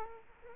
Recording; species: mosquito wingbeat signal from an infrared sensor; Culex quinquefasciatus